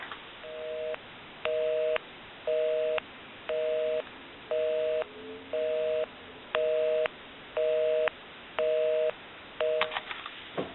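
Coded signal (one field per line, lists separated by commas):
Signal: telephone call progress tone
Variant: North America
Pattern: busy tone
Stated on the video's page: Tone heard on a Northern Telecom telephone during initial checkout and repair.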